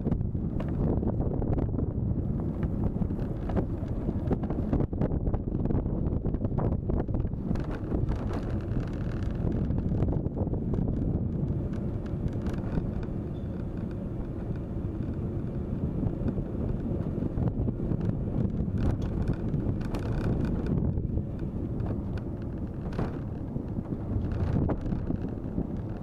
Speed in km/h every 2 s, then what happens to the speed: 24, 25, 26, 25, 25, 26, 26, 26, 25, 23, 22, 22, 24.
0-26 steady at about 25.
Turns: none.